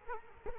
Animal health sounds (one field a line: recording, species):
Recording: mosquito wingbeat signal from an infrared sensor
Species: Culex quinquefasciatus